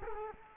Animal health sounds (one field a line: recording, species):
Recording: mosquito wingbeat signal from an infrared sensor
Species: Culex quinquefasciatus